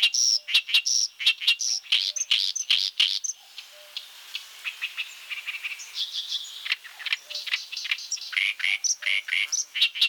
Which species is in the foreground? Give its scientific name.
Acrocephalus orientalis